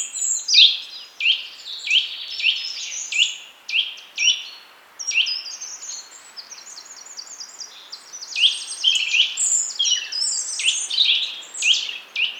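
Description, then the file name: Eurasian nuthatch calls: dense runs of short, sharp, high notes repeated rapidly in bursts, with a brief pause near the middle, over a quiet background. "Sitta europaea"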